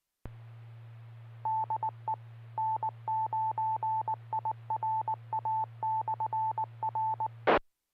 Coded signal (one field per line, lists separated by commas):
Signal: Morse code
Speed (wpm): 19 wpm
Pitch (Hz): 880 Hz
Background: none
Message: DE N9IRA/R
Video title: Friday Night Fun Net | Amateur Radio Worldwide Live Stream Radio | KD9MED